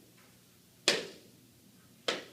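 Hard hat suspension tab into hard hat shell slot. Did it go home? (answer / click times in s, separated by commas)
yes / 0.9 s, 2.1 s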